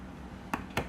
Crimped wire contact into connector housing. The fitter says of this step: can push it in and you'll you should hear it click again